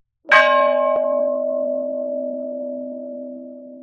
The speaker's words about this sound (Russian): Учебный колокол возвестил окончание урока.